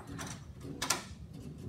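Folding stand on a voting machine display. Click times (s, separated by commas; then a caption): 0.8 s, 0.9 s. The folding support stand on the back of a ballot marking device's display screen is pulled down with a ratchet-like mechanical rattle. Two close, sharp snaps ring out at 0.8 and 0.9 seconds as the stand locks securely into place.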